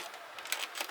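Pressing on the plastic front grille of an E92 M3 seats another grille clip into the front bumper cover, with a sharp click at 0.5 s. Softer clicks or taps follow around 0.4, 0.6 and 0.8 s over a faint hiss, and the clip is confirmed as gone in.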